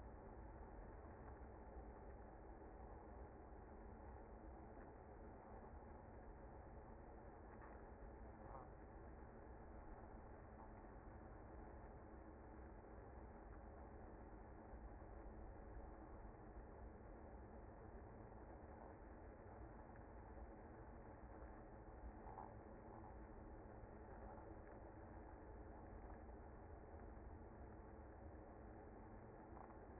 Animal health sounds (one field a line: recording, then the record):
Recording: honeybee colony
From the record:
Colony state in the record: active